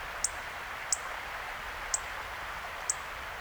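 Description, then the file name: European robin calling with single thin, high ticks spaced about a second apart, over constant soft background hiss. "Erithacus rubecula"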